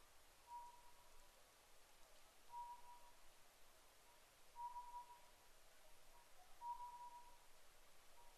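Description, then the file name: Oriental scops owl giving soft whistled calls, repeated about every two seconds over faint background noise. Recorded 10 May 2010 at 01:03. "konohazuku-20100510-0103"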